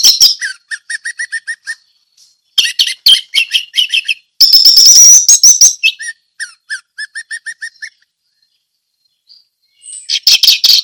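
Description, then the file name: Orange-headed thrush song alternating fast trains of repeated notes with loud, dense bursts of sharp high whistles. Ngeplong song style. "anis merah ngeplong"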